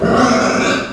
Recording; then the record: squeal of a Yucatan mini pig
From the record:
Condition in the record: after surgery on the right vocal fold (resection and tissue-engineered implant); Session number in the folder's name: 11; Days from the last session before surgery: 98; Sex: female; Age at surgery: 19 weeks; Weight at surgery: 25 kg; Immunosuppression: prednisolone